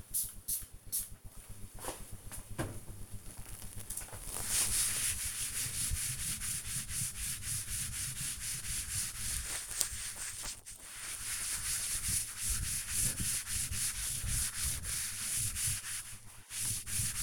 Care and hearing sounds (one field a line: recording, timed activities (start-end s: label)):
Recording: household activities, microphone on the right wrist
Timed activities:
0.00-17.23 s: cleaning table